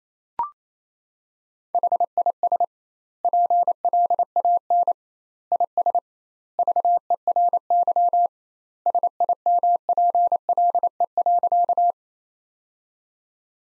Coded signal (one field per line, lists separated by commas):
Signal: Morse code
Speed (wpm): 28 wpm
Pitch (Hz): 700 Hz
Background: none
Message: HIS PLAN IS VERY SIMPLE.